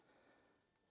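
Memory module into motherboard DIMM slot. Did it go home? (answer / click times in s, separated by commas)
no / none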